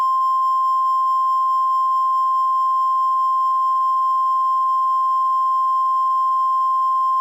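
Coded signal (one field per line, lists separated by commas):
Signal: Emergency Alert System (SAME) tones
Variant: 1050 Hz attention tone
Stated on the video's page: Mock EAS alert.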